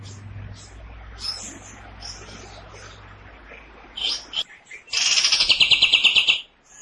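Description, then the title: Cream-vented bulbul delivering one loud, harsh, rattling phrase of fast pulses, preceded by scattered short high chirps over a low electrical hum. Loud, harsh, long song in the style called long shot; used as a lure for training songbirds. "Pikat Masteran Kapas Tembak. Tembakan Panjang Kapas Tembak Gacor Suara Lantang Kasar"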